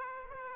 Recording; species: mosquito wingbeat signal from an infrared sensor; Aedes aegypti